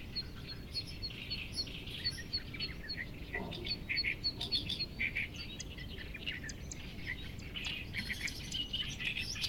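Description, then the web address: Birds calling in a busy chorus, a thin high note repeated rapidly in a steady series among varied chirps and twitters, with faint low background noise. "yacho koe 190621"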